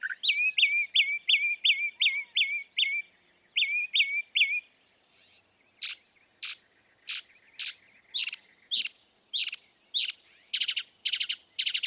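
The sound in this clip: Northern mockingbird song: a string of repeated clear whistled notes, then a slower series of sharp dry notes, ending in quicker buzzy doubled notes.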